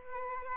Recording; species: mosquito wingbeat signal from an infrared sensor; Aedes albopictus